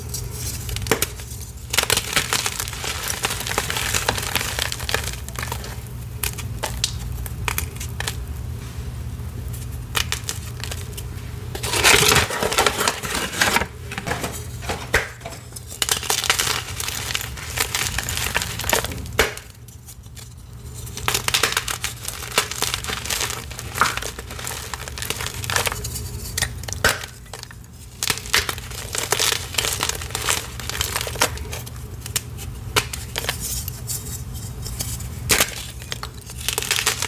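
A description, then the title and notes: Blue chalk and plain gym chalk are crushed into water, with steady crumbling and crinkling all the way through over a low constant hum. Dense, irregular crunches come in bursts, with a sharp louder crush near 12 seconds and brief quieter gaps around 20 and 27 seconds. ASMR crushing deep blue reforms and plain gym chalk into blue water.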